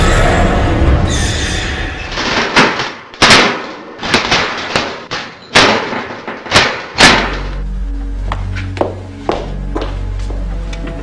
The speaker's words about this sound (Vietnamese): Bà Sơ họ Sái lạnh lùng nhìn hai thanh niên bước đi, rồi bà đóng cửa sắt keng một tiếng và khóa lại.